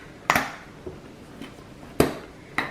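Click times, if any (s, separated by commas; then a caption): none. Someone tries again to close the snap closure on a black, medium-sized Coach Courier Carryall handbag, producing sharp, bright taps at about 0.3, 2.0 and 2.6 seconds with fainter knocks in between. The snap still fails to close, so nothing has snapped shut yet.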